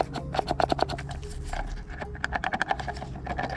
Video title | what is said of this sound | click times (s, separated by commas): Vidange Moteur et remplacer Filtre a Huile Fiat Grande Punto 1.4 Tjet et Alfa Romeo - Meca Maniaque | On le met à l'intérieur et il faut bien qu'il se clipse. | 2.2 s, 2.6 s